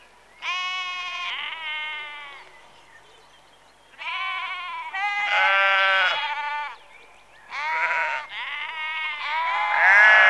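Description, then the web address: Sheep bleating: long quavering bleats, several in quick succession, with short quiet gaps between them. Early evening, rural setting, recorded close. "Sound Effects Library-52 (Exterior Atmospheres-Rural Backg) 11 Sheep Early Evening"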